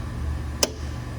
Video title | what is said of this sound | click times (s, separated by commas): FreshBlend 2.0 Boxer Pump Replacement | Now it's clicked in place. | 0.6 s